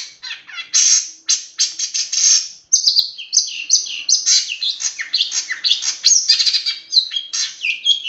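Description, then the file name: Long-tailed shrike song, a dense, continuous medley of chattering, scratchy notes and quick whistled slurs. Master song used for training songbirds. "cendet master. omkicau"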